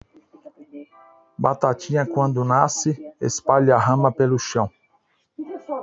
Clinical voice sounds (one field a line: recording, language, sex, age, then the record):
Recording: short text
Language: Brazilian Portuguese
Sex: male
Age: 40 to 49 years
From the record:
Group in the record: control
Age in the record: 47 years